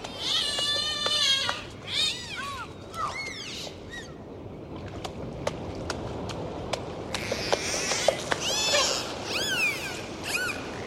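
Dolphins giving wavering and rising whistles at first, then a series of sharp clicks, followed by more overlapping whistles over background hiss.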